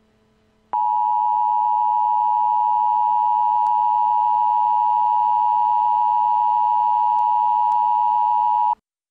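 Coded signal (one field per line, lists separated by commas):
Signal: Emergency Alert System (SAME) tones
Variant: 853 and 960 Hz attention tone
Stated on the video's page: Fictional EAS scenario about a nuclear weapons launch, not a real alert.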